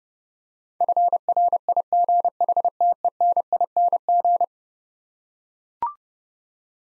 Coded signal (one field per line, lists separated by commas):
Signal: Morse code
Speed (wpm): 30 wpm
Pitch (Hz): 700 Hz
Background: none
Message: FRIGHTENING